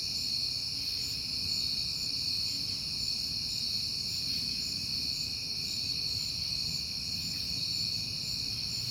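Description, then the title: Crickets chirping in a steady, continuous high-pitched chorus, with a low rumble beneath throughout. Recorded on a peaceful night in September. "Night Time: Crickets and Passing Cars"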